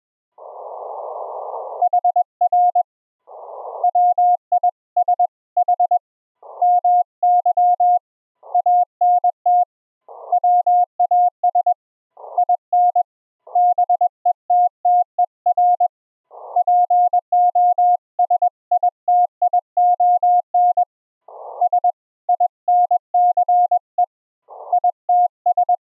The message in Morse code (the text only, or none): HR WISH MY ANT WAS IN BETTER POSITION SINCE ITS